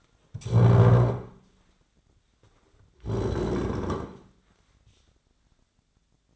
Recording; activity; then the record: daily activity, microphone in the room; stand up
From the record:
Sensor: 3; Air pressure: 1009.3 hPa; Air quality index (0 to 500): 180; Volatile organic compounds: 3 ppm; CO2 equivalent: 1453 ppm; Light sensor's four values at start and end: 49/124/55/56 and 41/95/44/49